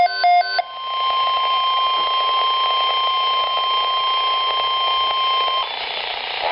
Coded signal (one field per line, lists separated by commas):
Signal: Emergency Alert System (SAME) tones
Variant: 1050 Hz attention tone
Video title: EAS MOCK: NWRgeek's blizzard event (April Fools 2012)